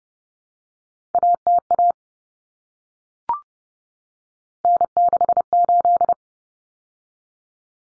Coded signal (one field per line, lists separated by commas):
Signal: Morse code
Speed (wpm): 30 wpm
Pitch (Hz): 700 Hz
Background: none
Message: ATA N68